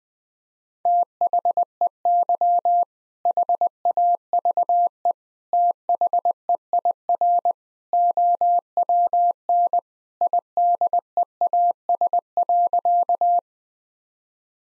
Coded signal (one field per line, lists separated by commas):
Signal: Morse code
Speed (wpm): 20 wpm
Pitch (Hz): 700 Hz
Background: none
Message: THEY HAVE THEIR OWN IDEAS.